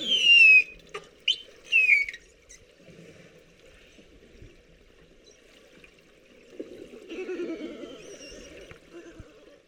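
Beluga whistles: several quick descending squeals in the first two seconds, then a softer stretch of buzzy pulsed chatter with faint overlapping whistles.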